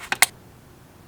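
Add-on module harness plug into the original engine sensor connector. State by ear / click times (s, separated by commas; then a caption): seated / 0.1 s, 0.2 s. The male harness plug of a RaceChip add-on module is pushed onto the original engine sensor connector, which had just been removed, on a VW Passat 2.0T / Audi 2.0L TSI and 1.8 TSI engine. Two sharp clicks are heard at 0.1 s and 0.2 s, followed by quiet. The connector snaps in and is securely seated.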